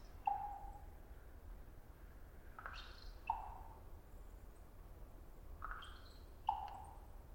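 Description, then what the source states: Common raven calls: three hollow pops within about seven seconds, some preceded by a brief rasping note, over steady background noise. Raven perched about 50 ft up at some distance, giving a long trilling twitter then a pop, sometimes followed by a gulp or beak snap.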